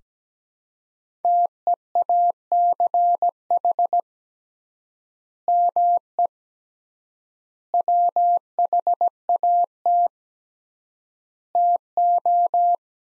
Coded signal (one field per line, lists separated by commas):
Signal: Morse code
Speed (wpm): 17 wpm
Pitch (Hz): 700 Hz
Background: none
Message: TEACH ME WHAT TO